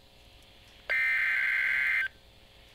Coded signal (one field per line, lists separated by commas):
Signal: Emergency Alert System (SAME) tones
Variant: header bursts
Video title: NOAA Weather Radio:Severe Thunderstorm Warning (EAS #148)